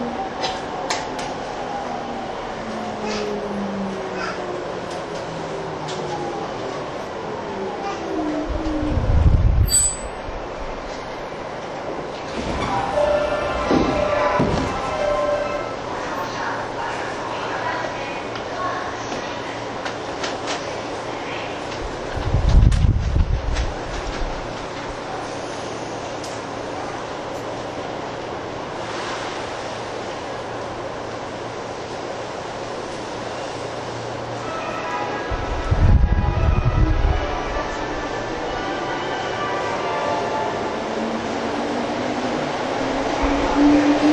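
Interior of a Saikyō Line rapid train, with a steady low rumble and rolling hum throughout. Wheels thump over rail joints in heavier bursts near 9, 13, 23 and 36 seconds, and tones rise and fall as the motors change speed.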